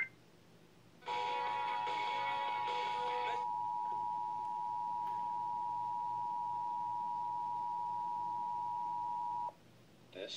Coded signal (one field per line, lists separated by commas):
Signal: Emergency Alert System (SAME) tones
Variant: 853 and 960 Hz attention tone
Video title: Emergency Alert System National Periodic Test 9/28/2016 1322 at WCDZ WCMT